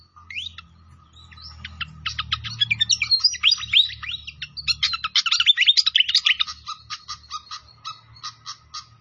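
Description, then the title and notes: Pied fantail singing: fast, sharp chirps and slurred whistles that build into a rapid chattering run, then settle into evenly spaced short notes over a faint low hum. Masteran training recording with a clear voice, mixed with the sound of trickling water; the notes also call it Sikatan Londo. "Masteran Sikatan Kipas Suara Jernih Dan Suara Gemericik Air. Suara Burung Sikatan Londo"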